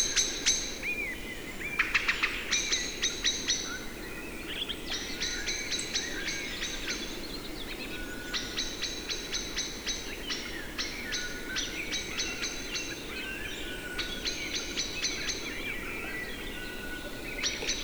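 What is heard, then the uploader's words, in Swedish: Forest birdsong in late April, bright trilled phrases repeating every second or two over a steady low rushing background throughout. Tjäderspelets ljudvärld. Här får du själv höra skogens alla ljud i slutet av april när tjäderspelet är på sin topp. En spelande tjädertupp.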